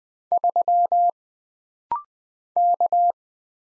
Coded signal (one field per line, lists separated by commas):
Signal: Morse code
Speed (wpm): 20 wpm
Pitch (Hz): 700 Hz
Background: none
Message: 3 K